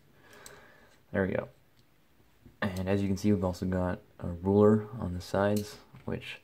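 A lock in the handle of a Leatherman Surge multitool is pressed down to release a locked tool, which is then folded back into the handle, with a click at 0.5 s. Someone talks throughout, and the tool is released and folded in.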